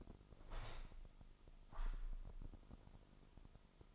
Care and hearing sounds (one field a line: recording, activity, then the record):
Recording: daily activity, microphone in the room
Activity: open window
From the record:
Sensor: 5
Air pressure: 1004.8 hPa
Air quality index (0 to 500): 81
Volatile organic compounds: 1 ppm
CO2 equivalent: 968 ppm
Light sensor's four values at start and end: 33/78/31/30 and 33/78/31/31